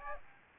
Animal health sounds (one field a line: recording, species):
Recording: mosquito wingbeat signal from an infrared sensor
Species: Aedes aegypti